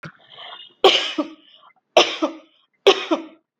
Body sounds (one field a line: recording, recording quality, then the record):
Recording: heavy voluntary cough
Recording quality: excellent, no background noise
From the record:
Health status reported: healthy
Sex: female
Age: 18 years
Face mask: not worn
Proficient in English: no